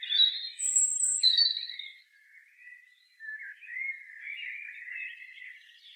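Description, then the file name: European robin song opening with bright, high piercing notes, then sliding into a softer, rambling warble that trails off. "Erithacus rubecula"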